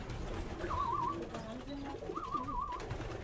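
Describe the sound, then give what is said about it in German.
Racing pigeons cooing in a loft: two soft warbling coos around the mid range, rising and falling, over a steady low rumble of background noise and faint lower murmuring calls. “Die Pflege der Tauben beginnt also schon morgens, meistens um 6, 7 Uhr.”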